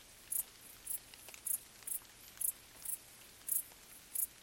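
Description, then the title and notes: Cricket chirping: rapid, shrill pulses repeated every half second or so, accompanied by soft dripping rain. Crickets stridulating late on a summer night during gentle rain on vegetation, along an abandoned railway track in Bad Boll, Baden-Württemberg, with the nearby village silent. "Crickets in gentle summer rain. crickets stridulating late at night whilst gentle summer rain falls on the surrounding vegetation. abandoned railway track in Bad Boll, Baden-Württemberg. Colin Hunter. Music for Sleep"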